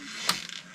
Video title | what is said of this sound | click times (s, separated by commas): 2011 expedition window regulator and keypad - part 3 | lined up push it up till it clicks | 0.3 s